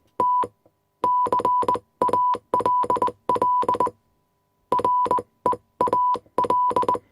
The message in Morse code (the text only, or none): T CALL REAL